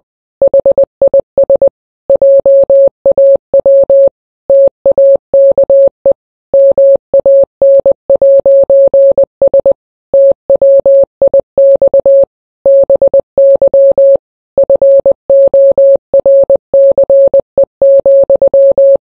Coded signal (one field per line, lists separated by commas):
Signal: Morse code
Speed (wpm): 20 wpm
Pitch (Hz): 550 Hz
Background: none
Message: HIS JAW TAKE MAN'S TWIX BY FORCE,